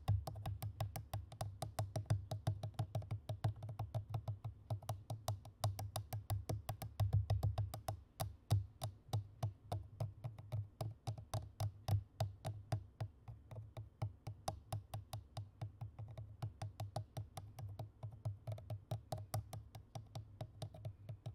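Fast, aggressive tapping and scratching on a microphone, a dense run of sharp clicks that barely pauses for the full length. A heavy low thump sits under the taps, strongest in the first seven seconds, then the tapping turns lighter and more evenly spaced.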